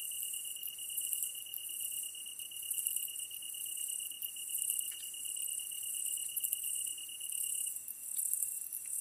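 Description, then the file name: Tree cricket song, a continuous high, even trill that runs strongly for about seven and a half seconds and then drops to faint, over a bed of fine high insect ticking. Kantan recorded together with an ezotsuyumushi katydid on 15 August 2010 at 22:39, with a DH-D50. "kantan ezotuyumusi 20100815-2239"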